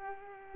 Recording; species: mosquito wingbeat signal from an infrared sensor; Culex pipiens